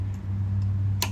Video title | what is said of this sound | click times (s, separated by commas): MK7/MK8 Traction Fix (Easy Upgrade) | There we go. We have that click there. That's nice. | 1.0 s